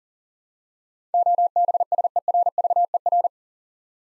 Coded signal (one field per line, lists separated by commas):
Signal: Morse code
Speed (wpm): 41 wpm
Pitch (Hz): 700 Hz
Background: none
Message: OBSERVER